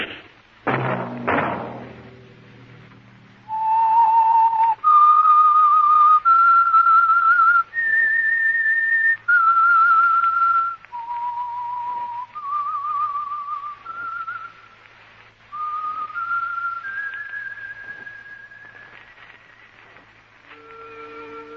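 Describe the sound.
The whistled theme of the Signal Oil radio program The Whistler: a lone melody of long, sustained high notes that step up and down in a slow, haunting line, preceded by a couple of sharp thumps at the start.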